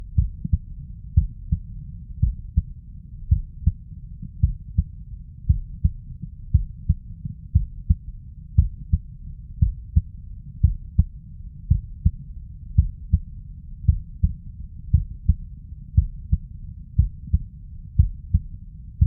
Stethoscope Chest Heart Heartbeat Clean.